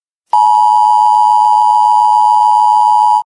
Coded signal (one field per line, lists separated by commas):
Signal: Emergency Alert System (SAME) tones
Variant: 853 and 960 Hz attention tone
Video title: EAS Mock Scenario: Togera Retreats